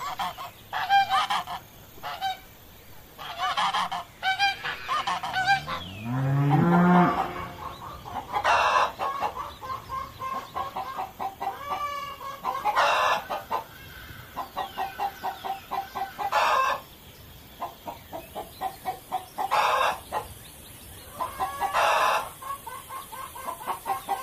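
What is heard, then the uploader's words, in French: Farm animals, mostly chickens, clucking and calling throughout. Around the seventh second a loud rising call, likely a rooster crowing, stands out, while short sharp cackles and quick repeated clucks come and go in bursts over a steady, bright hiss. A la ferme avec ses animaux.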